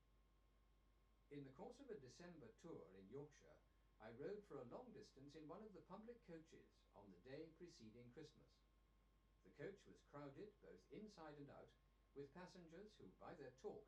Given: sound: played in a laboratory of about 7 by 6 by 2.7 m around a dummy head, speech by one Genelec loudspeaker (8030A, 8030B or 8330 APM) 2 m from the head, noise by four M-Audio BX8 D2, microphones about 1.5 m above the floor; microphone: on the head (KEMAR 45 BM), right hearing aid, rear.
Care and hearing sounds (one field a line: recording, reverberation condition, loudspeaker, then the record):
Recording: male speech in English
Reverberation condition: low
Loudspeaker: 60 degrees to the left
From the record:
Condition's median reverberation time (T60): about 310 ms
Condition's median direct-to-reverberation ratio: about 3.5 dB